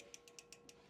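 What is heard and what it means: A black torque-limiter tool drives a collet home into a Roland dental mill spindle until it stops, and the limiter gives a series of sharp, bright ratchet clicks at 0.1, 0.3, 0.4, 0.5 and 0.7 seconds over a steady low hum. The clicks show the collet has reached its torque setting and is installed and ready to use.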